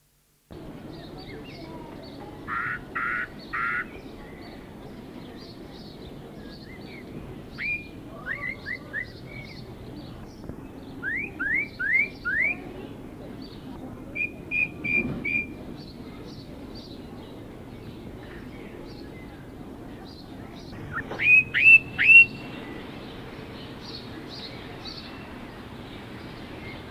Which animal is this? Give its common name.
Ring Ouzel